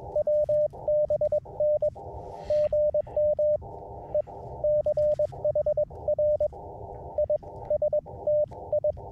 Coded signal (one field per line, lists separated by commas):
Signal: Morse code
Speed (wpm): 22 wpm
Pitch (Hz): 590 Hz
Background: radio noise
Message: WBN GM E CHRISTI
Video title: A Triple Paddle Day